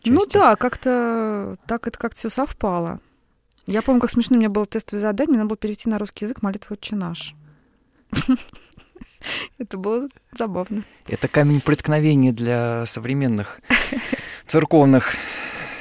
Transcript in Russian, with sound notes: Ну да, как-то так как-то это все совпало. Я помню, какое смешное у меня было тестовое задание — надо было перевести на русский язык молитву «Отче Наш». (Смеется.) Это было забавно.
— Это камень преткновения для современных церковных